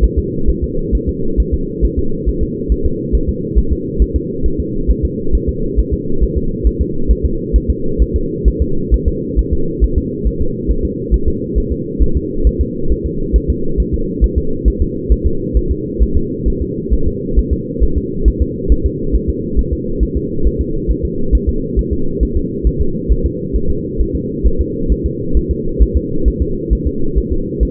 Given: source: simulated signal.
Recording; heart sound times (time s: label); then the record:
fetal heart sounds
0.04 s: S1
0.18 s: S2
0.50 s: S1
0.64 s: S2
0.95 s: S1
1.09 s: S2
1.40 s: S1
1.54 s: S2
1.85 s: S1
1.99 s: S2
2.29 s: S1
2.43 s: S2
2.72 s: S1
2.86 s: S2
3.15 s: S1
3.29 s: S2
3.58 s: S1
3.73 s: S2
4.02 s: S1
4.16 s: S2
4.46 s: S1
4.60 s: S2
4.91 s: S1
5.05 s: S2
5.35 s: S1
5.49 s: S2
5.79 s: S1
5.94 s: S2
6.23 s: S1
6.38 s: S2
6.67 s: S1
6.81 s: S2
7.11 s: S1
7.25 s: S2
7.56 s: S1
7.70 s: S2
8.02 s: S1
8.16 s: S2
8.48 s: S1
8.62 s: S2
8.94 s: S1
9.08 s: S2
9.39 s: S1
9.53 s: S2
9.84 s: S1
9.98 s: S2
10.27 s: S1
10.41 s: S2
10.71 s: S1
10.85 s: S2
11.14 s: S1
11.28 s: S2
11.58 s: S1
11.72 s: S2
12.03 s: S1
12.17 s: S2
12.47 s: S1
12.61 s: S2
12.92 s: S1
13.06 s: S2
13.36 s: S1
13.50 s: S2
13.80 s: S1
13.94 s: S2
14.24 s: S1
14.38 s: S2
14.68 s: S1
14.82 s: S2
15.12 s: S1
15.26 s: S2
15.57 s: S1
15.71 s: S2
16.03 s: S1
16.17 s: S2
16.48 s: S1
16.62 s: S2
16.93 s: S1
17.08 s: S2
17.39 s: S1
17.53 s: S2
17.84 s: S1
17.98 s: S2
18.28 s: S1
18.42 s: S2
18.72 s: S1
18.86 s: S2
19.16 s: S1
19.30 s: S2
19.59 s: S1
19.73 s: S2
20.03 s: S1
20.17 s: S2
20.47 s: S1
20.61 s: S2
20.91 s: S1
21.05 s: S2
21.35 s: S1
21.49 s: S2
21.79 s: S1
21.93 s: S2
22.23 s: S1
22.37 s: S2
22.67 s: S1
22.81 s: S2
23.12 s: S1
23.26 s: S2
23.56 s: S1
23.70 s: S2
24.01 s: S1
24.15 s: S2
24.47 s: S1
24.61 s: S2
24.92 s: S1
25.06 s: S2
25.37 s: S1
25.51 s: S2
25.83 s: S1
25.97 s: S2
26.28 s: S1
26.42 s: S2
26.73 s: S1
26.87 s: S2
27.18 s: S1
27.32 s: S2
27.63 s: S1
From the record:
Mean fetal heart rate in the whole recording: 135 bpm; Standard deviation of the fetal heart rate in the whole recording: 3 bpm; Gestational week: 34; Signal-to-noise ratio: -8.1 dB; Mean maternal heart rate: 72 bpm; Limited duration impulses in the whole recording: absent